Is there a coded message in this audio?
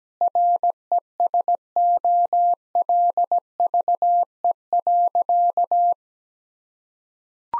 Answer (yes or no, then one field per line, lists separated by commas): yes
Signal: Morse code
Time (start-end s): 0.2-5.9 s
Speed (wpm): 17 wpm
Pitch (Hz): 700 Hz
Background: none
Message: RESOLVE.